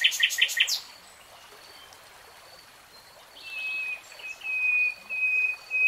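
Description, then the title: Nightingale song: a short burst of rapid loud notes, a pause, then long drawn-out whistled notes, with a faint steady background hiss. Real-time recording of a nightingale singing. "[Tiếng chim hót] 3 Hours REALTIME Nightingale Singing"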